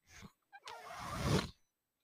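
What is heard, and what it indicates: A short airy puff, then a brief high beep, then a rushing, swelling whoosh of air lasting about a second that cuts off sharply: a home mechanical ventilator delivering a breath.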